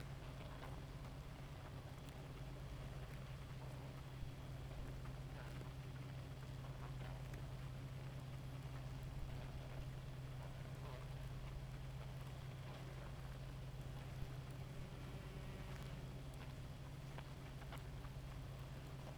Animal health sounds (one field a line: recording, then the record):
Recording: honeybee colony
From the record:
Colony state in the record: active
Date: 28 July 2017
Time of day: 2:30